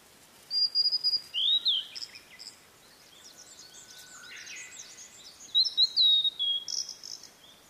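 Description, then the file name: Blue-and-white flycatcher song: two phrases of high clear whistles slurring up and down, ending in buzzy notes, separated by a pause. "oruri"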